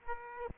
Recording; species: mosquito wingbeat signal from an infrared sensor; Aedes aegypti